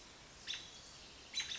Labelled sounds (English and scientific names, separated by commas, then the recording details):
American Robin (Turdus migratorius)
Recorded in Sonoma County, California